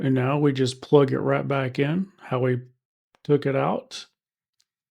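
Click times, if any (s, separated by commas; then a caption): none. A plastic light housing is plugged back into the interior panel of a 2024+ Toyota Tacoma the same way it came out, while someone talks. A faint tick occurs near the end, but nothing has seated or clicked into place yet.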